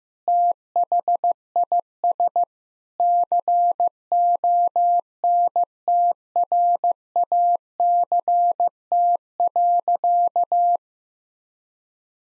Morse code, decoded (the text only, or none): THIS CONTRACT.